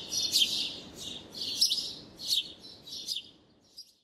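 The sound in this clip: House sparrow chirps, several harsh, buzzy notes in quick succession over a high chatter that fades toward the end.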